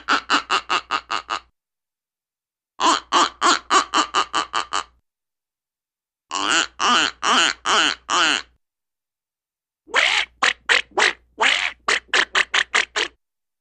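Duck quacking in four quick bursts of harsh, nasal quacks, about six to twelve notes per run, each run lasting roughly one and a half to three seconds with short silent gaps between.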